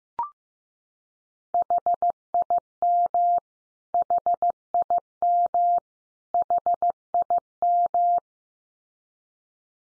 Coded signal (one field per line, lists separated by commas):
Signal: Morse code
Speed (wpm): 15 wpm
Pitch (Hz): 700 Hz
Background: none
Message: HIM HIM HIM